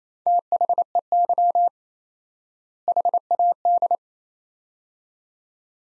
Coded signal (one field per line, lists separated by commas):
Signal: Morse code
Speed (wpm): 28 wpm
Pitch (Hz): 700 Hz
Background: none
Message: THEY HAD